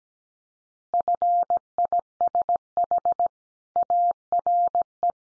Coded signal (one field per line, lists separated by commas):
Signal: Morse code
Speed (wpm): 17 wpm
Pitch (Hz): 700 Hz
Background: none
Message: FISH ARE